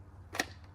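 A power-tool battery pack slides into the battery port of an EGO EG0803 cordless auger and latches, seating fully. A short sliding scrape builds to a bright click at about 0.3 s, followed by a sharper click at 0.4 s, over a low steady hum.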